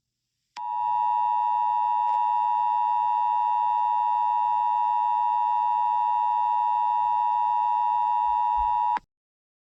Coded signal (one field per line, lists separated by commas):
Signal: Emergency Alert System (SAME) tones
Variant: 853 and 960 Hz attention tone